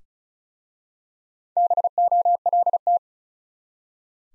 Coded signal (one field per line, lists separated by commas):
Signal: Morse code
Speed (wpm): 36 wpm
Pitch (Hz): 700 Hz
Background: none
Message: BOLT